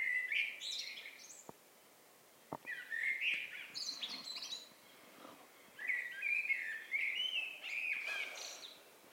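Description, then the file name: Eurasian blackbird delivering a fluted warble, a short pause broken by two sharp clicks, then longer phrases of mellow notes mixed with high squeaky twitters. "Turdus merula"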